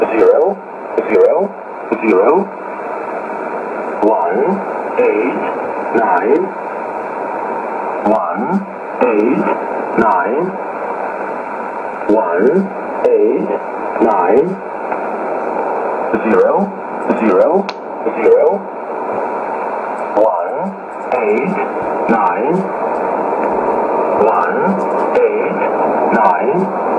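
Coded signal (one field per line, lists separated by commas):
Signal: numbers station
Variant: E07a, English male voice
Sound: a male voice reads short, evenly spaced words through noisy, band-limited shortwave audio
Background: radio static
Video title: 14 11 2019 E07a English Man Numbers station in English 0550 on 5811 unknown tx site in USB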